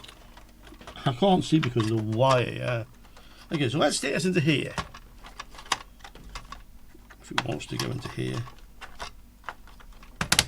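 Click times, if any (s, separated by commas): 10.2 s, 10.3 s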